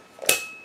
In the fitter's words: Anyway, you insert this all the way in until it clicks,